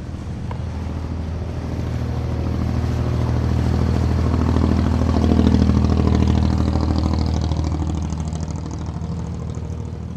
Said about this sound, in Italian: La partenza sembra quella di una gara di offshore. Il rombo del motore è assordante, le botte dello scafo sulle onde fanno temere un naufragio da un momento all'altro.